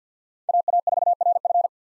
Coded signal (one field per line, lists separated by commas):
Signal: Morse code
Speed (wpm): 50 wpm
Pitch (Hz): 700 Hz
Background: none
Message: AA4RF